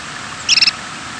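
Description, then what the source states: Chestnut-collared longspur call: a single soft, quick run of four high, even notes, like a musical pi-di-di-di, over a steady background hiss. Rattle flight call from a bird in flight, described as a soft musical pi-di-di-di-di.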